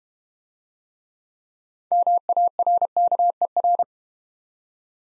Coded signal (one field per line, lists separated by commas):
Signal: Morse code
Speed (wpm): 32 wpm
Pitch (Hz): 700 Hz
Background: none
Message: MARKER